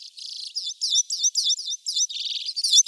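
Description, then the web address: Common redpoll calls: a quick run of dry, buzzy chattering notes with short twittering trills, high-pitched throughout. "Carduelis flammea"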